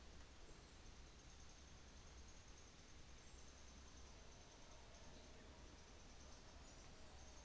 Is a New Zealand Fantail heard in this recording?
no